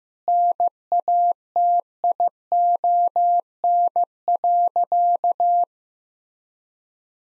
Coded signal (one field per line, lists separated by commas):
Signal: Morse code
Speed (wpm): 15 wpm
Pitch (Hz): 700 Hz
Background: none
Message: NATION.